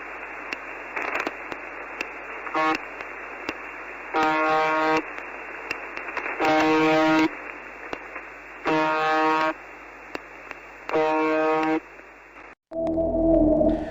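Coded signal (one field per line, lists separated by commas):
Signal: numbers station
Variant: UVB-76 (The Buzzer)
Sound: rough low buzzes about a second long, repeating roughly every two seconds, through hiss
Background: radio static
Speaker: Okay es interesantísimo el audio que acabamos Escuchar como lo dijimos es una transmisión de esta radio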